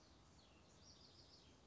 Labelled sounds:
House Wren (Troglodytes aedon)
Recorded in Sonoma County, California

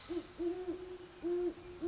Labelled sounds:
Great Horned Owl (Bubo virginianus)
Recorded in Sonoma County, California

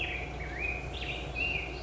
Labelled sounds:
Black-headed Grosbeak (Pheucticus melanocephalus)
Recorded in Sonoma County, California

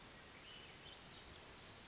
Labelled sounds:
Pacific Wren (Troglodytes pacificus)
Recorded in Sonoma County, California

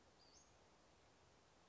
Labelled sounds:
Western Flycatcher (Empidonax difficilis)
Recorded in Sonoma County, California

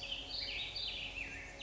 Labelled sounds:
Black-headed Grosbeak (Pheucticus melanocephalus)
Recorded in Sonoma County, California

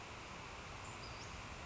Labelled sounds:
Western Flycatcher (Empidonax difficilis)
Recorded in Sonoma County, California

